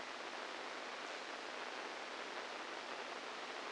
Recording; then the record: brain microelectrode recording played as sound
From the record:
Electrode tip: outside the subthalamic nucleus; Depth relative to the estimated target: -4 mm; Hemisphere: right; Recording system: NeuroSet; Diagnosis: Parkinson's disease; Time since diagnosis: 8 years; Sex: male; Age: 46 years